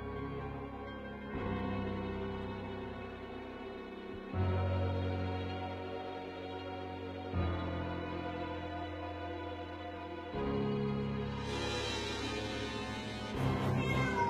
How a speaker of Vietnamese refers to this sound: Lại có tiếng mèo kêu vang lên.